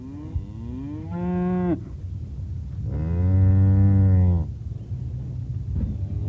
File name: cow sounds